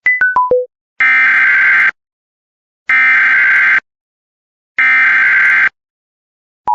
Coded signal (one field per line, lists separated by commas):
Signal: Emergency Alert System (SAME) tones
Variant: header bursts